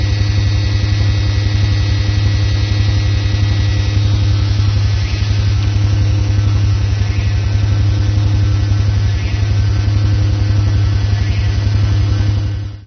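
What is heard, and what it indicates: Steady low rumbling hum with faint pulsing and constant tones, a simulation of low-pitched tinnitus.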